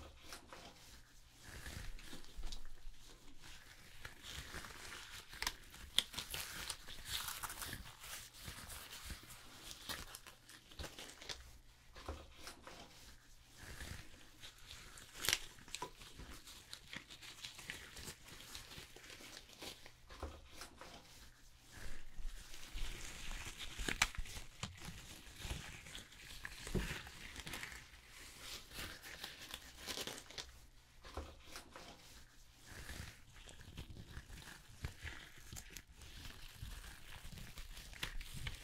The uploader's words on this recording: ASMR Hair Salon Haircut, Perm, Shampoo WLayered Sounds (No Talking).